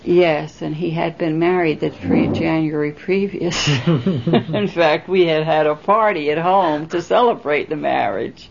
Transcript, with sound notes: Yes, and he had been married the January previous. ( she laughs ) In fact, we had had a party at home to celebrate the marriage.